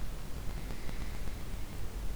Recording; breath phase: one breath near a microphone; inhalation